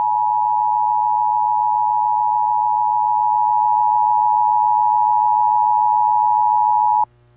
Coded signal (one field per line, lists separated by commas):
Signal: Emergency Alert System (SAME) tones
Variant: 853 and 960 Hz attention tone